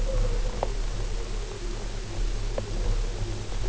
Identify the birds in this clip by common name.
none